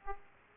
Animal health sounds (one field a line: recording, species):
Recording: mosquito wingbeat signal from an infrared sensor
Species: Aedes aegypti